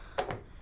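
A large plastic skull piece is pressed onto the front of a Halloween ferry prop, giving two sharp plastic clicks at 0.2 s and 0.3 s. The skull seats onto the boat prop.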